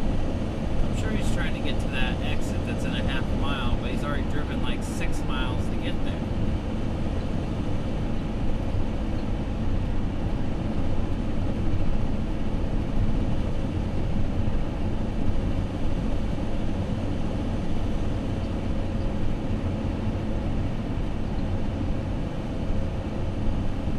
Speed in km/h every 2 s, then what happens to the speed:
103, 103, 101, 101, 101, 100, 98, 98, 100, 100, 98, 97.
0-24 steady at about 100.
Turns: none.